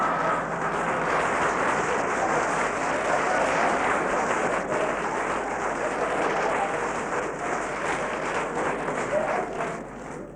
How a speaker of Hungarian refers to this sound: Folytatná, de mi hangos tapsolással odébb állunk,